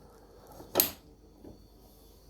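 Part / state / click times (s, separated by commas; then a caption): milk container into coffee machine / seated / 0.8 s. A milk container is pushed onto the side of a Siemens EQ500 coffee machine and clicks into place at 0.8 s with a short, sharp broadband snap. A faint softer knock follows near 1.5 s, and the container is seated.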